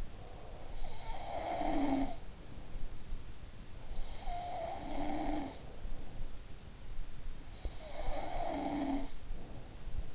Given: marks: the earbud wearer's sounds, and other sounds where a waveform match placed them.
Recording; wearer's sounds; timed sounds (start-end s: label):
sounds in sleep by an in-ear microphone; breath, snoring breath
0.00-0.89 s: breath
0.67-3.10 s: sound from someone else or the room
3.81-6.30 s: sound from someone else or the room
7.59-10.15 s: snoring breath